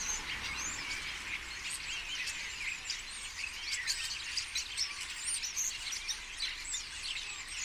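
Common starlings chattering as a flock, a dense continuous mix of overlapping whistles, clicks and squeaky notes with no pauses throughout.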